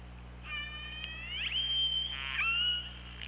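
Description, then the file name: Orca call: a long harmonic squeal that sweeps upward, holds, then drops to a lower steady tone over constant low hum. OrcaLab hydrophone, 24 August 2017, 23:36. "Orca Lab UTLN JASON 20170824 233652"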